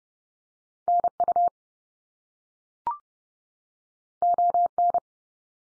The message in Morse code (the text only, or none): NU ON